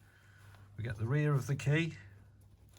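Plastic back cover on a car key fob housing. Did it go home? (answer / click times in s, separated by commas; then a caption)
no / none. The plastic back cover of a MINI Cooper key fob is being lined up and pressed back onto the housing after a CR2032 battery change. Someone talks over faint handling ticks near 0.6 and 2.8 seconds, and the clip ends before the cover seats, so nothing has snapped into place yet.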